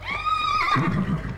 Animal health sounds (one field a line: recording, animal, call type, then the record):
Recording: contact call of a hoofed animal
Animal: horse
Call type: whinny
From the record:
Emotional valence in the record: negative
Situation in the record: group separation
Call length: 1.38 s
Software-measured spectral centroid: 1930 Hz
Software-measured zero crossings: 2200 a second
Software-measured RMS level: -24 dBFS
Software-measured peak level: -9 dBFS